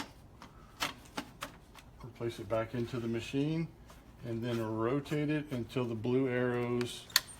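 A toner container is handled at a laser printer, being put back into the machine before it is rotated until its blue arrows align to lock it. Short plastic knocks and taps sound between about 0.4 and 1.8 seconds, then someone talks over a brief sharp tap near the end. Nothing has seated or clicked yet.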